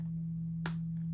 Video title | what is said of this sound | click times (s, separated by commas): Tone Traveler Unboxing and Setup | You know you've got your tablet plugged in when you hear a solid click. | 0.7 s